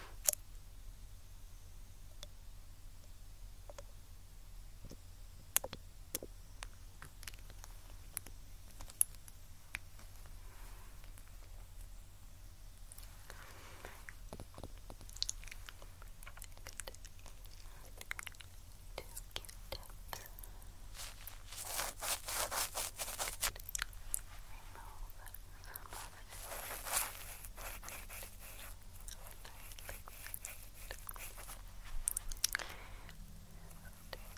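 Ear cleaning sounds: scattered sharp clicks and crackles from picking and tweezers, with bursts of soft scratchy brushing around 14, 22 and 27 seconds. A steady low hum runs underneath throughout, and the activity grows busier and denser in the second half.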